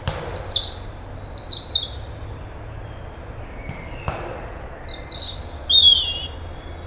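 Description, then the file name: European robin song: a cascade of high descending warbles opens, then a pause, then further thin, wavering phrases with a soft low hum beneath. "Erithacus rubecula"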